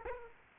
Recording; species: mosquito wingbeat signal from an infrared sensor; Aedes aegypti